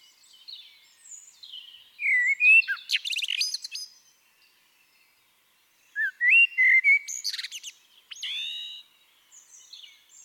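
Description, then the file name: Eurasian blackbird song, two phrases about four seconds apart, each mixing low fluty whistles with a rapid, scratchy high-pitched twitter. "Turdus merula"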